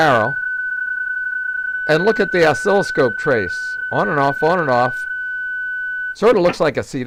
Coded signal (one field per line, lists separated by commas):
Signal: PSK31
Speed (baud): 31.25 baud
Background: speech